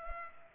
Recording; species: mosquito wingbeat signal from an infrared sensor; Culex pipiens